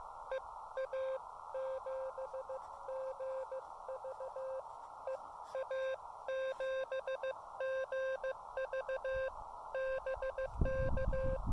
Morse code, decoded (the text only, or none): EA7GV EA7GV BK